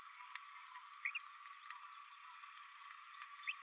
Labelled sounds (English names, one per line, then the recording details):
Green-rumped Parrotlet babbling
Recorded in a nest box in Venezuela
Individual 18B104A3